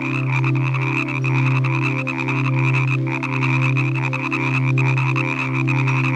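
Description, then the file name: Frog chorus of rapid croaks and a constant high trill, with a low droning hum swelling and fading repeatedly. Evening frog chorus from a relaxing nature sounds collection. "Relaxing Nature Sounds Collection - Evening with Frog Music"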